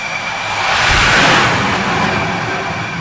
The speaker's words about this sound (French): Et quand les deux avions sont prêts, à l'heure dite, eh bien, on est catapulté du porte-avions.